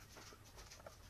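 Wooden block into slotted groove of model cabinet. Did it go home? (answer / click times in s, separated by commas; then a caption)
no / none. A small wooden block for a model workshop cabinet is handled at its slot, which has an interlocking groove at the top. Quiet rustling and light scraping are heard, with one brief soft tick near 0.9 s. Nothing has seated or clicked yet.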